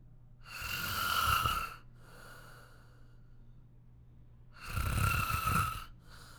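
An adult sleeper's snoring: two loud, rattling inhaled snores about four seconds apart, each followed by a softer exhale, giving a breathing rate near 15 a minute. The low fluttering buzz with a ringing upper tone is typical of snoring from vibrating soft tissue in the upper airway.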